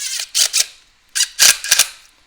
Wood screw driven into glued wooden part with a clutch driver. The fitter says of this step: Just going to go in until they click.